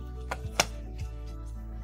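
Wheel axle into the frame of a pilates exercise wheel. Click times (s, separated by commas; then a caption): 0.3 s, 0.6 s. The wheel axle of a Kendox Pilates Wheel is lowered into the frame after both side knobs are loosened and pulled out, the knobs are pushed back in, and the axle snaps into its locked position. Two sharp clicks sound at 0.3 and 0.6 seconds over a steady low background hum, the second louder and brighter. The axle is seated and locked at the bottom.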